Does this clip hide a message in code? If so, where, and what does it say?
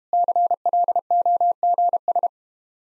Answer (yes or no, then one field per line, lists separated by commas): yes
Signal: Morse code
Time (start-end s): 0.1-2.3 s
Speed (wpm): 33 wpm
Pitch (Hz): 700 Hz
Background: none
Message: CLOGS